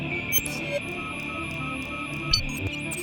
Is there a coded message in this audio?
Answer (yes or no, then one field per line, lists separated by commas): no